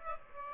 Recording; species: mosquito wingbeat signal from an infrared sensor; Aedes aegypti